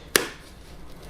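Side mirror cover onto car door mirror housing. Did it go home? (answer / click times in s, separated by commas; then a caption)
yes / 0.2 s. A plastic side mirror cover on a Fiat 500 is aligned on its guide and pushed onto the car door mirror housing until its clips lock in place. A single sharp snap is heard at 0.2 s, and the cover is seated.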